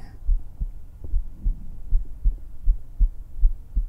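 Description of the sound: Brief soft whispering opens, then steady, regular low thumps of an adult heartbeat follow at about 80 beats a minute, heard close against the chest through a hug with a black 3Dio binaural microphone. The beat is pounding from hugging right after meeting, with no added sounds.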